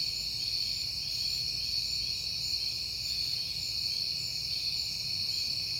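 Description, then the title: Many crickets chirp together in a bright, even high-pitched drone, with quiet low rumbling beneath. Crickets recorded on a peaceful night in September. "Night Time: Crickets and Passing Cars"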